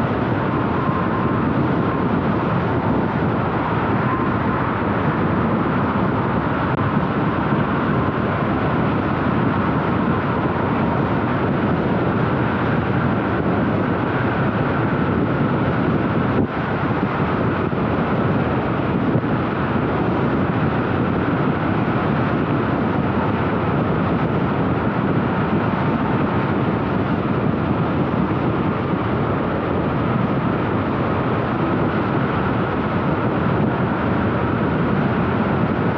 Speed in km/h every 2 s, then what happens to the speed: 98, 99, 100, 101, 101, 101, 100, 100, 100, 101, 100, 98, 97, 98, 99, 101, 101, 101.
0-36 steady at about 100.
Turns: none.